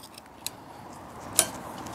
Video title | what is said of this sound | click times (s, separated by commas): Discover the Perfect Electric Scooter: Hitway H5 Pro Review | and that's it again locked in not going anywhere obviously | 1.4 s